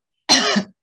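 A single voluntary cough demonstrated by an adult, in contrast with a huff: the larynx is held closed, then bursts open at once. This kind of cough is discouraged because it can make the lower lung, small airways or alveoli collapse, leading to easier fatigue and poor lung expansion.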